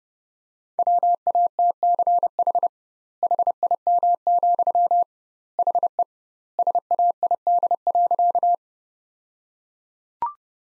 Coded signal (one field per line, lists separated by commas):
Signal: Morse code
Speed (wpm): 32 wpm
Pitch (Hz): 700 Hz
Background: none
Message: WATCH HIM, HE SAID.